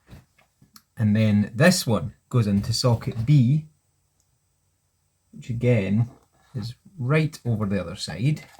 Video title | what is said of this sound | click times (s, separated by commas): Build The Titanic - Issue 105 - The Speaker | just make sure it clicks in nicely it has done | 0.8 s